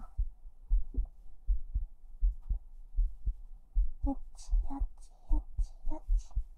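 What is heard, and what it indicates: Steady, deep thumping heartbeat at about 77 beats a minute, each beat a soft low double thud with an even rhythm. Faint hissy voice-like sounds overlie the second half of the clip.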